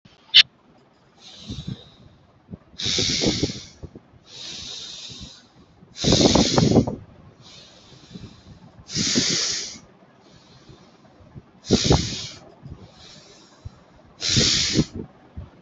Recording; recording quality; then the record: deep breathing; moderate, slight background noise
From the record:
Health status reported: healthy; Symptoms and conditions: none ticked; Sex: male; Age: 25 years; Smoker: not ticked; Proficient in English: yes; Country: India